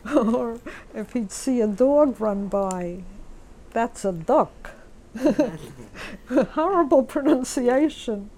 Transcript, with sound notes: Or if he'd see a dog run by, "That's a dok." (She laughs.) Horrible pronunciation!